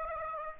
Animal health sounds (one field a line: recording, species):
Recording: mosquito wingbeat signal from an infrared sensor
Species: Aedes aegypti